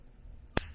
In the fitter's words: rotate it until it clicks